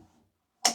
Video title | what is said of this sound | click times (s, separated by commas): Shower Chair for Inside Shower with Arms and Back, base and padding | underneath all so that it sits down there correctly and locks into place. | 0.7 s